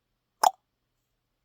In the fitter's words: The Joint right here that it'll just click right in there